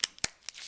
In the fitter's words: until you hear a little clicking sound and these Blue Bar blue bars will line up and then it's